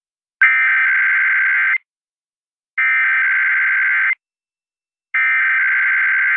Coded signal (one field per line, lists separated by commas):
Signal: Emergency Alert System (SAME) tones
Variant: header bursts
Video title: Early March Weekend Tests (EAS #16402-16407) 3/2-3/24